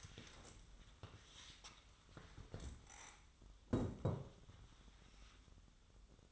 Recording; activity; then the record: daily activity, microphone in the room; stand up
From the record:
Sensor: 3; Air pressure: 1005.0 hPa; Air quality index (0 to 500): 90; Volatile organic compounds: 3 ppm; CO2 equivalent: 1392 ppm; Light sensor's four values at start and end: 10/22/9/9 and 10/22/9/9